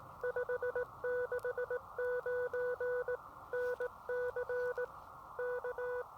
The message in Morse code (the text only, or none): 569 NC K